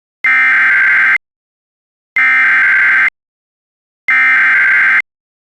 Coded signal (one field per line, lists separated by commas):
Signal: Emergency Alert System (SAME) tones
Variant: header bursts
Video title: Some EAS alerts for the East Palestine, Ohio Train Derailment.